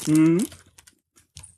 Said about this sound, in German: Alles einzeln eingepackt. Raschelt jetzt natürlich schön.